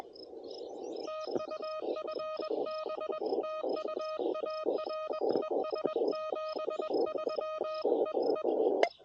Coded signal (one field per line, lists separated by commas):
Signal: Morse code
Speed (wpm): 21 wpm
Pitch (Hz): 1250 Hz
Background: none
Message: TU FB TU AR ES 73 EE